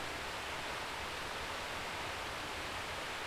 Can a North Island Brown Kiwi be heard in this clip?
no